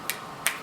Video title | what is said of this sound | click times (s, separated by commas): Anastasia Beverly Hills Haul | they like Snap right in there and they're magnetic and then you can snap them right out and the lid is magnetic too so | 0.1 s, 0.5 s